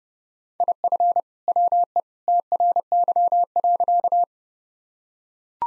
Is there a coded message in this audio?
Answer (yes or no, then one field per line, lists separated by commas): yes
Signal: Morse code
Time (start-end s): 0.6-4.2 s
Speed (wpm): 28 wpm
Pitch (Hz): 700 Hz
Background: none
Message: IF WE TRY.